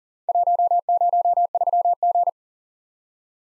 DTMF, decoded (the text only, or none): none